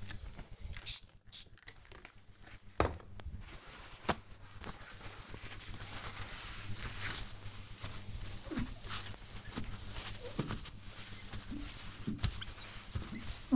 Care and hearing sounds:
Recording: household activities, microphone on the right wrist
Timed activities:
0.00-13.56 s: window cleaning

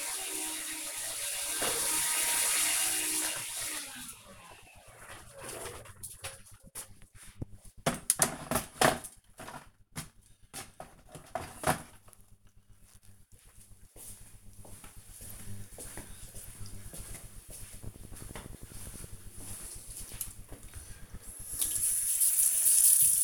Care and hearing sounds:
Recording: household activities, microphone on the right wrist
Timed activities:
0.00-3.11 s: vacuum cleaning
19.27-23.24 s: washing dishes

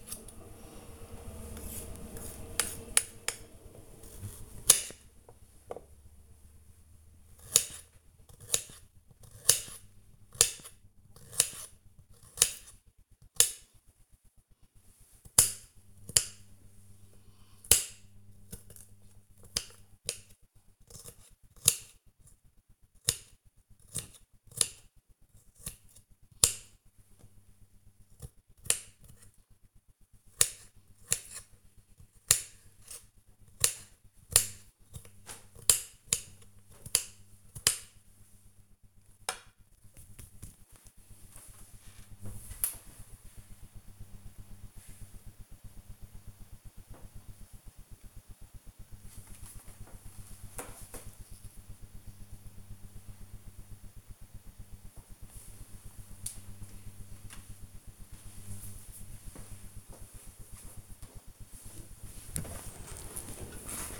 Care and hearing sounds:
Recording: household activities, microphone on the right wrist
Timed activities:
0.00-39.39 s: cutting vegetables
60.55-64.00 s: putting away the dishes

